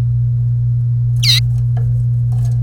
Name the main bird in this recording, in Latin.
Serinus canaria